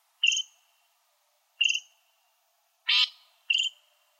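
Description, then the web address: Loggerhead shrike calls: three short, clear, slightly harsh notes, with one broader, rasping note just before the last. No other sounds. "Shrikes Vireos AZFO LOSH deviche"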